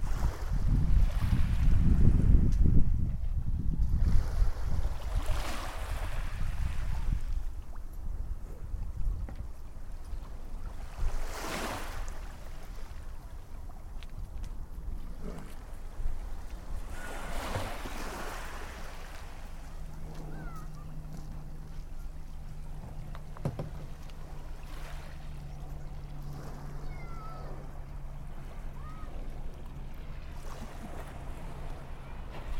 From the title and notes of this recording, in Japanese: 波の音（Binaural）- sound of waves。葉山の海岸で録った波打ち際の音です。バイノーラル録音なのでイヤホンで聴くと臨場感があります。